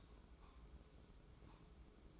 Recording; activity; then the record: daily activity, microphone in the room; take from stove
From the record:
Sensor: 1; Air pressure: 995.4 hPa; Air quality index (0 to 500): 29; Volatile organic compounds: 1 ppm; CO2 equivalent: 543 ppm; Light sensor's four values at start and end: 29/101/38/40 and 29/101/38/40